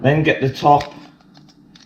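Someone talks while handling the plastic top cover of a VW car key fob, about to press it onto its base housing after the battery has been replaced. Faint, sharp plastic ticks and taps follow the speech. Nothing has seated or clicked yet.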